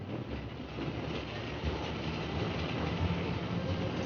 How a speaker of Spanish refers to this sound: Montaña rusa.